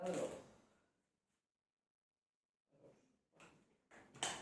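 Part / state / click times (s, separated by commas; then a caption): plastic part of a wet-dry vacuum cleaner into the machine body / seated / 4.2 s. Someone talks briefly at the start, then after a quiet pause come soft plastic handling rustles as a plastic part of a new Bissell CrossWave PetPro wet-dry vacuum cleaner is pushed into the machine body. A small, sharp click at 4.2 s marks the part seating into place.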